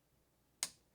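During routine maintenance on a 3D printer, a part, likely a linear bearing, is pressed into its printed holder and gives one sharp, bright snap at 0.6 s against a quiet background. The snap shows the part is seated and no longer moving.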